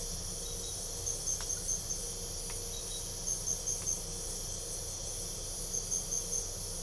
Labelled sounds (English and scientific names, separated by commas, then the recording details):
none
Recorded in pastures near Puerto Asís, Putumayo, Colombia, on 22 December 2024 at 00:00
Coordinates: 0.497, -76.327
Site G088